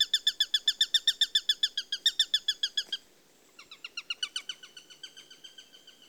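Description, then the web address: Eurasian sparrowhawk calls: loud, rapid repeated kek notes for about three seconds, a short break, then a quieter chattering series follows. "The BBC Sound Effects Library. Sparrowhawk (Accipiter Nisus)"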